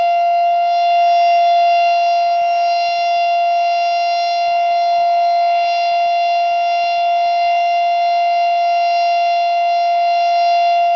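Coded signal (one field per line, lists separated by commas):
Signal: siren signal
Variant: steady alert tone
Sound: one continuous steady outdoor siren wail at fixed pitch, slightly wavering in loudness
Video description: Siren Signal: Alert/Brief Attack (Monthly Test)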